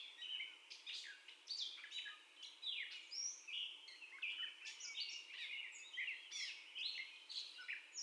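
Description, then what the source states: Gray catbird song, a fast, continuous jumble of squeaky, scratchy and whistled phrases jumping between pitches, with barely a pause throughout. First song, 30 May 2021.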